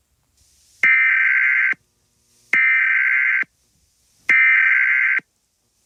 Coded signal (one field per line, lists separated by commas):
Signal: Emergency Alert System (SAME) tones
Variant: header bursts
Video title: Open Box (EAS Scenario)